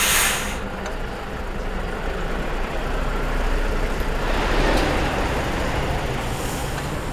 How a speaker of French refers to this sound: c'est ici que vont arriver les betteraves d'Alexis H, puisque les camions arrivent directement ici